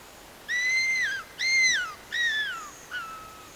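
Madagascar cuckoo-hawk giving a series of four loud whistles, each held level then dropping at the end, the final note short and soft, against a still background.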